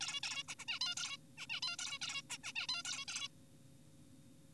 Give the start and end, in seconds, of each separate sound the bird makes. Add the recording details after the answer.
0.01-0.20, 0.23-0.43, 0.48-0.55, 0.59-0.65, 0.68-0.79, 0.81-0.95, 0.97-1.17, 1.38-1.47, 1.50-1.60, 1.63-1.77, 1.79-1.99, 2.02-2.22, 2.30-2.38, 2.44-2.53, 2.56-2.67, 2.69-2.83, 2.85-3.05, 3.08-3.28. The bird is an adult. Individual g4p5U